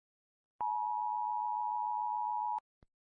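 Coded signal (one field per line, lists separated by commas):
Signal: Emergency Alert System (SAME) tones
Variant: 853 and 960 Hz attention tone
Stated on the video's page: Fictional SCP-based EAS scenario.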